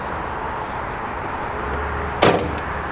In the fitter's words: but yeah it locks in place